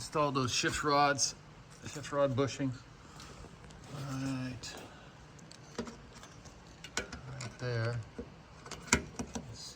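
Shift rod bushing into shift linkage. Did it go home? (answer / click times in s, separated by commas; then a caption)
yes / 8.9 s. A shift rod bushing is pressed into its shift linkage hole under the front of a van while someone talks. Several sharp clicks and knocks follow in the second half, and the bushing snaps into place at 8.9 s.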